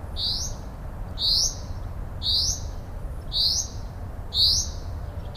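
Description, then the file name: Common chaffinch repeating a crisp, high single-note call five times at an even, roughly one-second pace against soft background rumble. "Fringilla coelebs"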